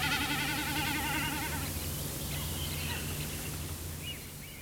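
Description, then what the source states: Common snipe bleating drum sound, fast tremulous pulses fading out after under two seconds, then faint bird calls against a low steady hum. Display at night; throat call 'kitkut kitkut' and bleating from vibrating tail feathers as the bird tips into slanting dives during display flight.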